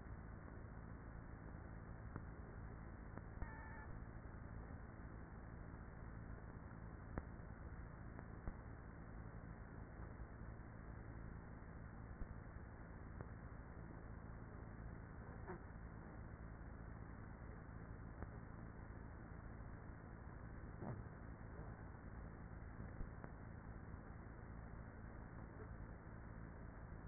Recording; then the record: honeybee colony, microphone inside the hive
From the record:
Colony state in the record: queenless with a low population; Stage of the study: after two queens were removed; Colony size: about 30,000 bees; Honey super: no